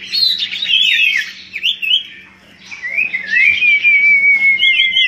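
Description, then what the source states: Common iora song: tumbling whistled phrases, then a pause and a long thin descending whistle ending in short chirps. Song used as a lure (pancingan) for bird catching; local name cipo.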